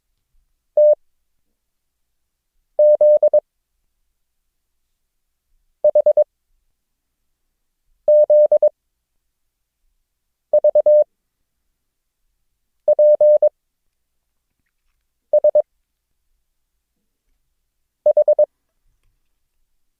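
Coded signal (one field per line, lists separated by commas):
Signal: Morse code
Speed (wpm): 22 wpm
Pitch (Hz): 600 Hz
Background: none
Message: T Z H Z V P S H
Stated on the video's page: Morse code lesson drill introducing the characters O, G and Q, with mixed-character transmissions.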